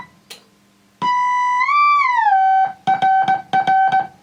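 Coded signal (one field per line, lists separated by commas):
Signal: Morse code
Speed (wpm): 17 wpm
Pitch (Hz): 770 Hz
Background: music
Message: TRR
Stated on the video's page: CW on the air from a restored 1950s LG300 boatanchor transmitter.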